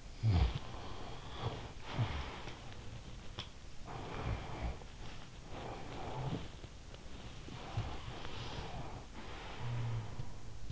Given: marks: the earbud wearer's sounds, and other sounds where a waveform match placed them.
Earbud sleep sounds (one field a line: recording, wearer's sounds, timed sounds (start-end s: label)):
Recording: sounds in sleep by an in-ear microphone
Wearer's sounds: snoring breath, breath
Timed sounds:
0.00-3.22 s: snoring breath
3.22-10.72 s: breath